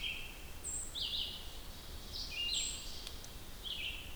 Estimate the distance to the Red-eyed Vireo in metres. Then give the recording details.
about 25 m. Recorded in boreal forest in Alberta, Canada, on 2 June 2016 at 07:50. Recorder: SongMeter 3, array SBT-3-7. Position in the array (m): 88 m, 124 m